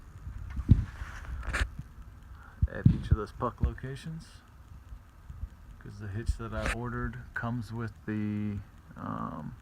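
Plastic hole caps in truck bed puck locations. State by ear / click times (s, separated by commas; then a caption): released / 0.7 s, 1.2 s. Plastic caps are pried off the fifth wheel/gooseneck puck mounting holes in a truck bed, giving two short, sharp pops at 0.7 s and 1.3 s as they come free. Someone talks throughout. The caps are released from the puck holes.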